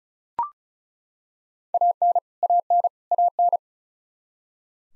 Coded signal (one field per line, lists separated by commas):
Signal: Morse code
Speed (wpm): 36 wpm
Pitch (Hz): 700 Hz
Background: none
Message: AN AN AN